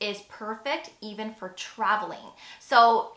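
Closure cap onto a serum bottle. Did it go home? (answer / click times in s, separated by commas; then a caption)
no / none. A closure cap is handled on a First Aid Beauty 10% vitamin C brightening serum bottle, being twisted or pressed toward its locked position, while someone talks throughout. The packaging is meant to lock in place to keep air out and prevent oxidization. Nothing has seated or clicked yet within the clip.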